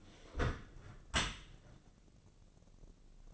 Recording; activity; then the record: daily activity, microphone in the room; close dishwasher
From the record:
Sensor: 4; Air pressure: 1013.2 hPa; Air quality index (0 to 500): 172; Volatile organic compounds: 2 ppm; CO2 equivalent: 1082 ppm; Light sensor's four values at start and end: 76/189/78/80 and 77/192/80/81